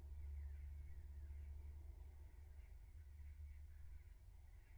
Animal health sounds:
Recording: poultry house recording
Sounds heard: no chicken sound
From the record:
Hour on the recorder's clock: 15

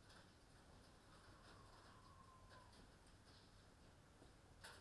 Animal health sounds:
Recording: poultry house recording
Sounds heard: healthy chickens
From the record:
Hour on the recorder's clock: 21

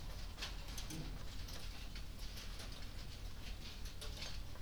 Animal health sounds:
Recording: poultry house recording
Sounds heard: no chicken sound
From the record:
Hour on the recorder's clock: 20

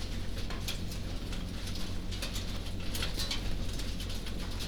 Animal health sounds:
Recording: poultry house recording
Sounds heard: no chicken sound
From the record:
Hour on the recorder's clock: 21

